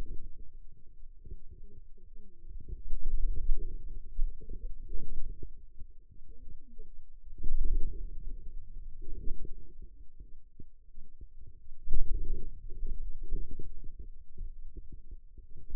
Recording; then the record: forearm muscle sounds (acoustic myography)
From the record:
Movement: wrist extension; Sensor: system 2, bracelet of six BSWA MPA416 microphones around the upper forearm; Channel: 5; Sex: female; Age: 21 years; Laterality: right